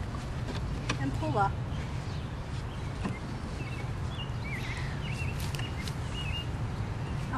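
A plastic seat is squeezed inward at the sides and pulled up out of the bed of a Step2 Versa Seat Wagon while someone talks over a steady low rumble. A sharp click at 0.9 s marks the seat unclipping and popping out, releasing it from the wagon. A few lighter ticks follow around 5.6 to 5.9 s, with faint chirps in the background.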